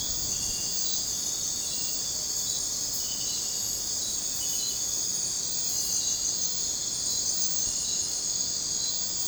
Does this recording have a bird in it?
no